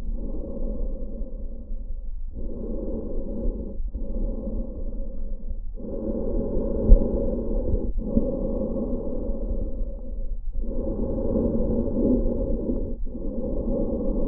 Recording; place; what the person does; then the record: lung sounds by stethoscope; trachea; quiet breathing, then deep breathing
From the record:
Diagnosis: COPD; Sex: male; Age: 70 years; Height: 174 cm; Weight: 94 kg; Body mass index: 31.0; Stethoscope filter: diaphragm mode